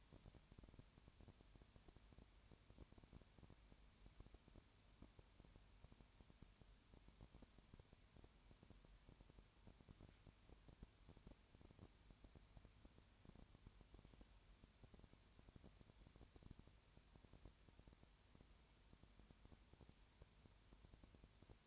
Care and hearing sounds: daily activity, microphone in the room; no activity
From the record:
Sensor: 2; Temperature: 20.4 degrees Celsius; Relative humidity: 35.6%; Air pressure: 1007.1 hPa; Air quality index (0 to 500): 122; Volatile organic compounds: 2 ppm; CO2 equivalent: 1255 ppm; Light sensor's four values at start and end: 2/3/2/2 and 2/3/2/2

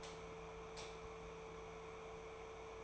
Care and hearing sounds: daily activity, microphone in the room; light off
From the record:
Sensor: 1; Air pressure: 1014.6 hPa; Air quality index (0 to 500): 174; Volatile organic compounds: 14 ppm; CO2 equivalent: 2469 ppm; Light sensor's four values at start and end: 41/108/45/54 and 38/96/40/49

